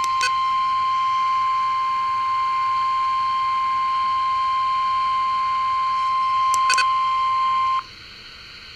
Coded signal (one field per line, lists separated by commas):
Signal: Emergency Alert System (SAME) tones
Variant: 1050 Hz attention tone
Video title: 1050HZ Areal Flood Warning Extension #2 (EAS #319)